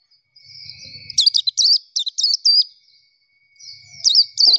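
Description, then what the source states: Nightingale song: short bursts of fast, warbled, high-pitched notes, with a faint steady high whine and a low rumble in the background. Training recording of song played to teach kept songbirds to sing.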